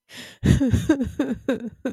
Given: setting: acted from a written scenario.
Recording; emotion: vocal sound without words; sadness